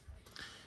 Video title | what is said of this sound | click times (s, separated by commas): Eurocharged - M256 ECU removal | and we lock it it did click it felt like it kind of went in | 0.4 s